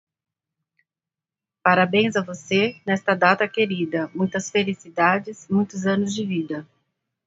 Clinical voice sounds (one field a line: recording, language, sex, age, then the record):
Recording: short text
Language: Brazilian Portuguese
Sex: female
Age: 40 to 49 years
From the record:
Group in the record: control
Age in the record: 46 years